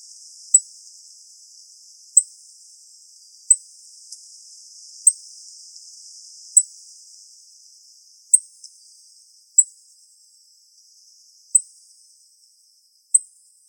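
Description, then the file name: Indigo bunting calls: sharp, very high, brief chip notes given singly about every one to two seconds, nine in all, over a faint steady hiss. Calls, recorded in Arizona. "INBU 4 CALLS deviche"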